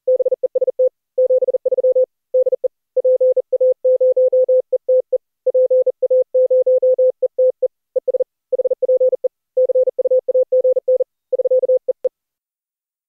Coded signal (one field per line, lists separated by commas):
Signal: Morse code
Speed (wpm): 38 wpm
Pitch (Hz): 510 Hz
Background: none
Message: BEST 73 DE PA0ETE PA0ETE ES HPE CUAGN <SK>EE